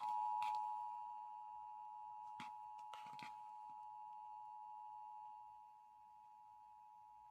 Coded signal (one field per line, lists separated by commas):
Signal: Emergency Alert System (SAME) tones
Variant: 853 and 960 Hz attention tone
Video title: Emergency Alert System - Tornado Warning for Southeast Louisiana (EPIC FAIL)